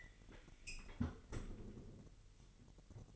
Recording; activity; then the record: daily activity, microphone in the room; close fridge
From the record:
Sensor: 4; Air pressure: 1002.7 hPa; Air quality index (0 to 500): 243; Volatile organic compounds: 18 ppm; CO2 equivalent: 2606 ppm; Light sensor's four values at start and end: 4/10/3/4 and 4/11/4/4